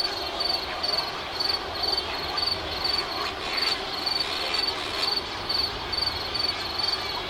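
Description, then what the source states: Crickets chirping in short high pulses about twice a second, over a dense steady hiss. On an island.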